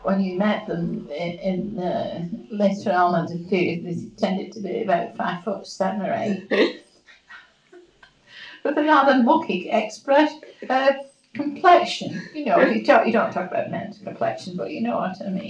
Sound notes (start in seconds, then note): 6.1 laughs; 11.9 laughs